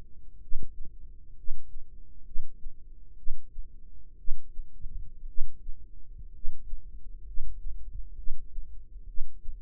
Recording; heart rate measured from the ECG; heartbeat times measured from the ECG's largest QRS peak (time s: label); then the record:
heart sounds by microphone in the right ear; 62 bpm
0.38 s: heartbeat
1.34 s: heartbeat
2.23 s: heartbeat
3.15 s: heartbeat
4.16 s: heartbeat
5.25 s: heartbeat
6.31 s: heartbeat
7.24 s: heartbeat
8.15 s: heartbeat
9.05 s: heartbeat
From the record:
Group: healthy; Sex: male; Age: 25 years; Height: 170 cm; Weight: 70.4 kg